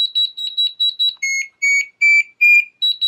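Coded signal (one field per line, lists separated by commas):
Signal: beep code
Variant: Metroboard remote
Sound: seven quick high chirps, then four longer lower beeps stepping slightly upward in pitch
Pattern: 4 long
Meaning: Braking level 4, the highest setting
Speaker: So when you pull it back, that's level 4.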